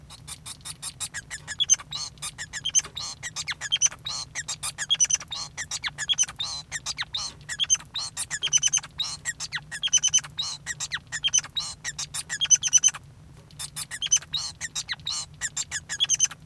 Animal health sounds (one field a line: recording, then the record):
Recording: song of a male Bengalese finch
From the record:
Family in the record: son of father 5